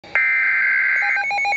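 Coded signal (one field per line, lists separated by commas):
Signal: Emergency Alert System (SAME) tones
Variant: header bursts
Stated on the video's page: Severe thunderstorm warning received on NOAA Weather Radio.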